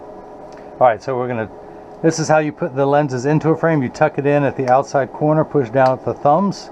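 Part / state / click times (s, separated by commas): prescription lens into eyeglass frame rim / not seated / none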